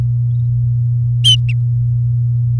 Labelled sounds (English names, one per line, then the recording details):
Domestic Canary song
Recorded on 4 May 2018 at 07:05
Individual llb16